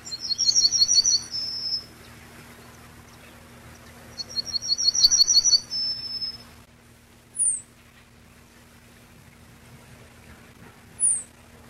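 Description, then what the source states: Yellowhammer sings two songs, each a rapid high trill of notes, then a long end note; two brief high downslurred calls follow. Recorded 10 July 1991.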